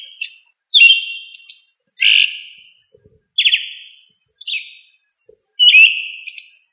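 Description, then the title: Thrush delivering melodious whistled phrases mixing sliding notes, rapid trills and high thin accents. "Familia Turdidae - Sabia"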